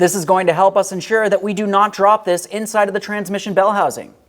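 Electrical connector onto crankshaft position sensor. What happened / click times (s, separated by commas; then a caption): No seating click yet; only talking while the part is handled / none. Someone talks while the electrical connector is being fitted onto a new crankshaft position sensor for a 2015-2025 Ford Transit-250 3.7L V6, before the sensor goes in. The connector goes on first so the sensor is not dropped inside the transmission bell housing. Only speech is heard, and nothing has clicked or seated yet.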